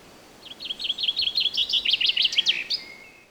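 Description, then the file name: Common chaffinch song phrase: a run of sweet repeated notes closing with a brief upward flourish, against a light steady hiss. "Fringilla coelebs"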